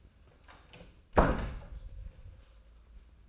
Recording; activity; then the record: daily activity, microphone in the room; close door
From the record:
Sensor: 2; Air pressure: 1004.7 hPa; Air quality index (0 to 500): 73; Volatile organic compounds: 1 ppm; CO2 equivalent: 869 ppm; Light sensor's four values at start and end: 7/16/7/7 and 7/16/6/7